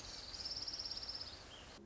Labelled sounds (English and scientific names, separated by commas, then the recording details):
Orange-crowned Warbler (Leiothlypis celata)
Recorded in Sonoma County, California